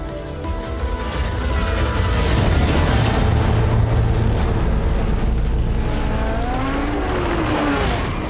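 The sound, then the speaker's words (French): A red racing car crashes and catches fire with its driver trapped inside, erupting into a loud, sustained roar of engine noise, booming impact and rushing fire, dense and rumbling throughout with brief whining tones near the end. “Lauda, qui a perdu son casque dans l'impact, est prisonnier dans un bûcher où son visage est exposé aux flammes”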